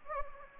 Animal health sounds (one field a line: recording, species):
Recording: mosquito wingbeat signal from an infrared sensor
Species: Anopheles gambiae